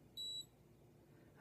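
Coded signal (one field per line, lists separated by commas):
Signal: beep code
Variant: Nu Skin Galvanic Spa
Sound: one short, high electronic beep about a quarter second long, then quiet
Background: quiet room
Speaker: it's already preset to beep every 10 seconds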